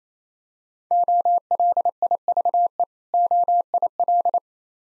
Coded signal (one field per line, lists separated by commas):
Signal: Morse code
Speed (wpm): 28 wpm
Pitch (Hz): 700 Hz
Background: none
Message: OLIVE OIL